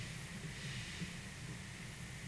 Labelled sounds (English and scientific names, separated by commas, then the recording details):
none
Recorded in pastures near Puerto Asís, Putumayo, Colombia, on 23 June 2025 at 10:00
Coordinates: 0.486, -76.323
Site H29